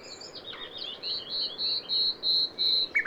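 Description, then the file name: Common nightingale singing a steady series of loud pure whistled notes, evenly repeated about three times a second, ending in a sharp downward note. "Luscinia megarhynchos"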